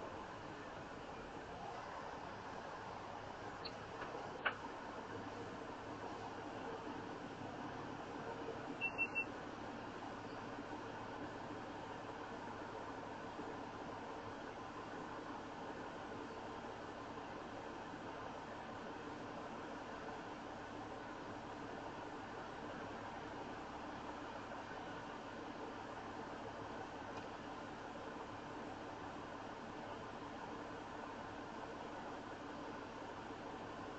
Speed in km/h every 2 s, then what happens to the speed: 26, 13, 6, 0, 0, 0, 0, 0, 0, 0, 0, 0, 0, 0, 0, 0, 0.
0-6 brakes to 0. 6-34 standing.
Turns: none.